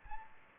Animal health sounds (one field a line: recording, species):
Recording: mosquito wingbeat signal from an infrared sensor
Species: Aedes aegypti